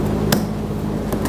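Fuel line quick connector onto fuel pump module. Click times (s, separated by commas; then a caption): 0.3 s. A second fuel line quick connector is pushed onto the fuel pump module of a 2007–2014 Chevrolet Silverado 2500 HD and clicks into place at 0.3 s. A fainter tick follows at 1.1 s over a steady low hum, and the connector is confirmed seated.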